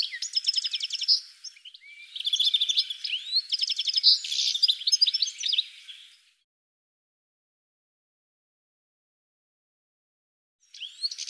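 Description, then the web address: Bird singing fast bursts of twittering and ringing repeated notes for about six seconds, then a long silence before the song starts again at the end. "cianscape birddata"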